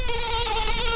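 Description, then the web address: Red-tailed bumblebee buzzing: one steady, even, droning hum that holds the same pitch for the whole second. Queen bumblebee. "bumblebees Lapidarius-queens"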